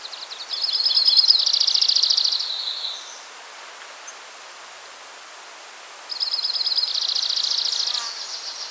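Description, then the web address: Junco singing two level, rapid, rattling trills roughly two to three seconds long, with a pause of about three seconds between them and constant background noise. "son junco"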